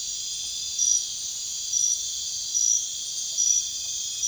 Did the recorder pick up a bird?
no